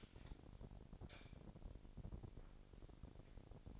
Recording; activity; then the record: daily activity, microphone in the room; light on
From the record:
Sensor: 5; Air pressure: 1012.0 hPa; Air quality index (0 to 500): 246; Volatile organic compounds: 4 ppm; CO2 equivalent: 1702 ppm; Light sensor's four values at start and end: 41/96/40/42 and 42/101/42/44